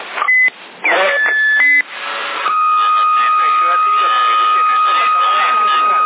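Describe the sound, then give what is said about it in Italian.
A steady, high whistle tone rings over a crackly, band-limited CB radio channel. Brief tones at first, then one long unbroken whistle holds for several seconds over muffled, garbled voices and static. “Ah, quindi probabilmente quel fischio era semplicemente una modulazione”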